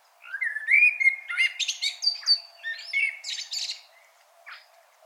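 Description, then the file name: Common blackbird song: one long phrase of low, rising fluty whistles moving into high, scratchy, tinkling twitters, followed by a single faint note. "Turdus merula"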